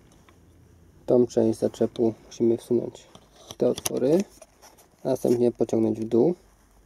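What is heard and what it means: The clip of an ART AX-01 tablet holder is being slid into the holes of the car mount base, ready to be pulled down. Someone talks throughout, with two faint brief ticks near the start, at 0.1 s and 0.3 s. Nothing has seated or clicked yet.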